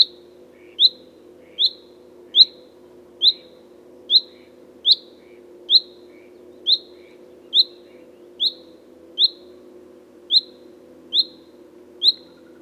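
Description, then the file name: Common chaffinch giving sharp, high 'pink' call notes, one roughly every second, fourteen in a row, over a steady low hum. "Fringilla coelebs"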